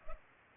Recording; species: mosquito wingbeat signal from an infrared sensor; Culex pipiens